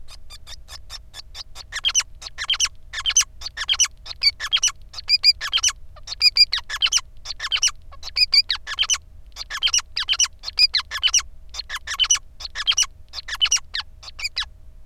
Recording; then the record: song of a male Bengalese finch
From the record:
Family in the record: son of father 5